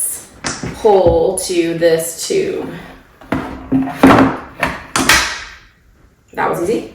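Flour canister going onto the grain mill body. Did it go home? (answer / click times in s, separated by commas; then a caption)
no / none. A flour canister and lid assembly is handled while being attached to a plastic grain mill body, with the flour outlet tube aligned to the grommet in the lid. Someone talks, then a quick run of sharp plastic taps and knocks comes between about 3.2 and 5.1 seconds, followed by a pause and more talking. The canister has not clicked into place or seated yet.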